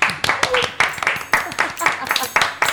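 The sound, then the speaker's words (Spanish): An audience breaks into applause: dense, rapid clapping at a fairly loud, steady level for a few seconds, with a few voices faintly mixed in underneath. “Un aplauso.”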